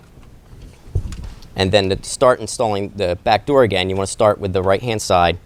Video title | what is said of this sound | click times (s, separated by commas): HP 4350 - How to Replace the Maintenance Kit (incl. 4200, 4250, 4300) | just make sure when you push it in that you hear it click on both sides of the machine that way you know it's in place | 1.0 s, 1.1 s